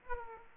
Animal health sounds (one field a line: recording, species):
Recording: mosquito wingbeat signal from an infrared sensor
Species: Aedes aegypti